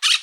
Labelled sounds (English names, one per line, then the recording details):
Brown-throated Parakeet contact call
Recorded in Aruba
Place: Cunucu Arikok, S side of Ceru Arikok
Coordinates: 12.502, -69.950